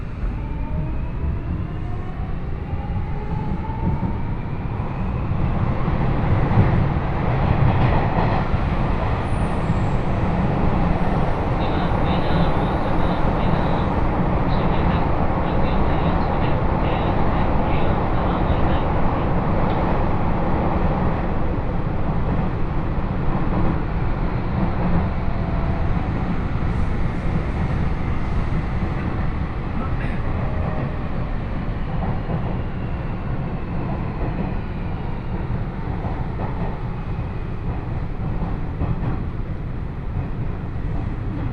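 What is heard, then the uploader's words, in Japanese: A ride on the Osaka Monorail from Hotaru-ike toward Osaka Airport, heard as a steady, dense rumbling roar throughout. The low hum holds nearly constant, with faint higher whines and a brief murmur of voices now and then. 鉄道旅 大物→梅田→蛍池→大阪空港。蛍池で大阪モノレールに乗り換えて１駅先の大阪空港へと向かいます。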